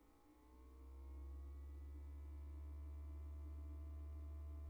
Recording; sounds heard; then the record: poultry house recording; no chicken sound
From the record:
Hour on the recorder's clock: 19